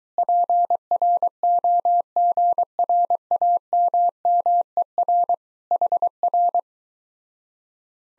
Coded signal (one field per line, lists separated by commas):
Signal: Morse code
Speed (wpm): 23 wpm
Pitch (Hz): 700 Hz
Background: none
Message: PROGRAMMER HR